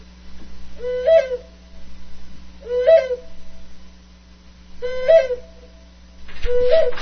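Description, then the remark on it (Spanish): A barn owl hoots four times at steady intervals of about two seconds, each call a short, rising-then-falling tonal note, over a constant low electrical hum. “Desde hace mucho tiempo, el unular de la lechuza significa el anuncio de alguna muerte, aunque se le tiene un gran respeto por su sabiduría, prudencia y tener algo de bruja.”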